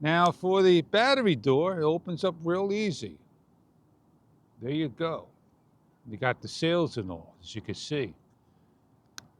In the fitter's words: you hear the Click A lot of people